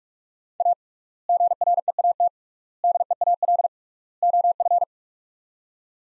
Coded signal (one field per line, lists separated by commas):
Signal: Morse code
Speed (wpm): 41 wpm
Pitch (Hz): 700 Hz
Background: none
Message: A GREAT DEAL OF